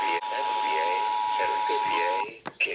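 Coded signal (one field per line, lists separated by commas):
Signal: Emergency Alert System (SAME) tones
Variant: 853 and 960 Hz attention tone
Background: speech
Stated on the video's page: Batch of EAS tests picked up from radio and TV stations in Tennessee, New York City and Richmond.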